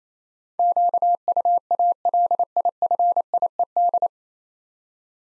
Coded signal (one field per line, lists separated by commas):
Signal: Morse code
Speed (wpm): 28 wpm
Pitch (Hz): 700 Hz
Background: none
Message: QUALIFIED